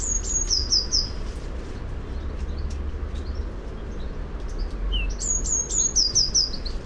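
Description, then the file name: Eurasian blue tit singing two high-pitched phrases of sharp level notes trailing into rapid falling notes, with scattered soft chips between, against a continuous low hum. "Cyanistes caeruleus"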